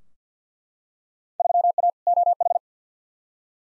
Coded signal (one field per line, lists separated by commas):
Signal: Morse code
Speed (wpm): 50 wpm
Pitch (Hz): 700 Hz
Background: none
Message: 3A OH